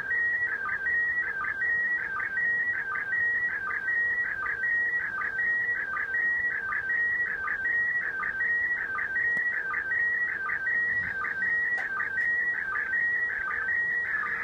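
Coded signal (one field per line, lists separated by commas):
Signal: SSTV (slow-scan television)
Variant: PD180 mode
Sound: steady warbling whistle-like tone with rhythmic chirping dips, repeating about every three-quarter second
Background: radio static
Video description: Russian hams aboard the International Space Station (ISS) are transmitting SSTV images to commemorate the event. Solid copy of the ISS in Warren County, NJ at 1300 UTC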